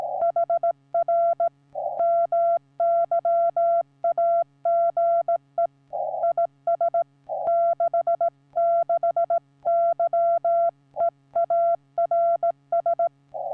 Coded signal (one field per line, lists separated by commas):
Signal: Morse code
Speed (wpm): 16 wpm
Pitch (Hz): 680 Hz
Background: none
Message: HR MY AGE IS 66 YEARS